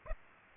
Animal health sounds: mosquito wingbeat signal from an infrared sensor; Aedes aegypti

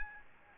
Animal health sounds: mosquito wingbeat signal from an infrared sensor; Aedes albopictus

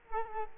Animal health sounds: mosquito wingbeat signal from an infrared sensor; Culex quinquefasciatus

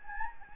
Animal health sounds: mosquito wingbeat signal from an infrared sensor; Anopheles gambiae

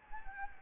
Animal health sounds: mosquito wingbeat signal from an infrared sensor; Anopheles gambiae

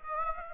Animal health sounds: mosquito wingbeat signal from an infrared sensor; Aedes aegypti

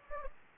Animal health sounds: mosquito wingbeat signal from an infrared sensor; Anopheles gambiae

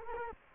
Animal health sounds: mosquito wingbeat signal from an infrared sensor; Culex quinquefasciatus

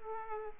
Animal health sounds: mosquito wingbeat signal from an infrared sensor; Aedes aegypti

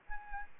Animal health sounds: mosquito wingbeat signal from an infrared sensor; Aedes albopictus

